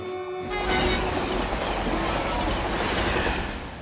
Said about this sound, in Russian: Мимо на высокой скорости проезжает поезд.